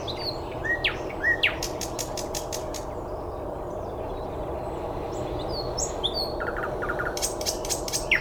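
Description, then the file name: Birds singing: bursts of fast clicking chirps, a few sliding whistles and short trilled notes, over a low steady hum. Recorded 9 May 2014 at 06:39. "birds 140509 0639"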